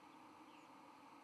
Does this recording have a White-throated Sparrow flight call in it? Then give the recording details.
no. Another species' flight call is heard. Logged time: 08:40 on 31 October 2014